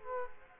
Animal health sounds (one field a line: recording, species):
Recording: mosquito wingbeat signal from an infrared sensor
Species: Culex quinquefasciatus